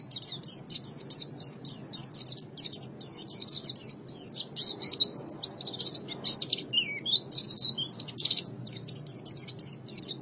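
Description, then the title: White-eye singing a long, busy run of high, sharp twittered notes, packed closely with fast up-and-down slurs throughout, steady low background hum. "Kicauan Burung Pleci"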